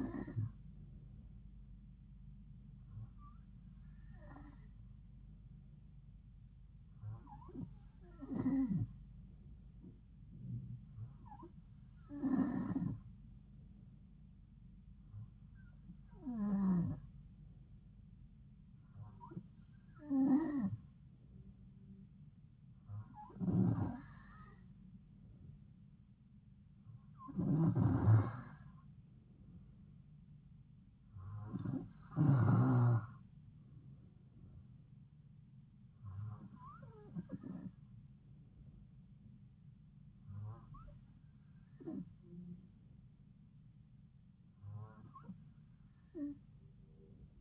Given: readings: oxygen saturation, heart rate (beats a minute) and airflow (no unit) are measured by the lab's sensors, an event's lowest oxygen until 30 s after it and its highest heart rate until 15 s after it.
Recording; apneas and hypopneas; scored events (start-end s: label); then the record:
breathing in sleep by a smartphone at the bedside; none
none scored
From the record:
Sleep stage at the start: N2 (light sleep); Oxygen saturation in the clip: 92 to 93%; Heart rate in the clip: 69 to 75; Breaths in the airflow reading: 12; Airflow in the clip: -3.8 to 3.2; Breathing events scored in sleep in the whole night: 270 in 6.1 hours asleep